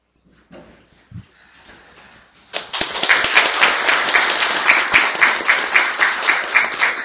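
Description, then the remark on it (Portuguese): Applause in a municipal council chamber during a session, for a young man asked to stand: after a couple of seconds of quiet shuffling, a group breaks into steady, dense clapping that keeps going loudly to the end. “gostaria que ele levantasse em pé para dar uma salva de palmas para ele”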